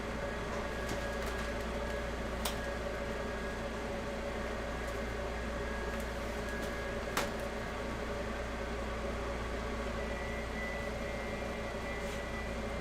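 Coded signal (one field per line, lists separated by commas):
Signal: FT8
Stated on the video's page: Live 6 m FT8 amateur radio stream.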